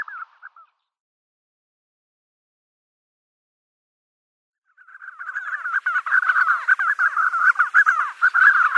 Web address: Schulze Peter Spotted Sandgrouse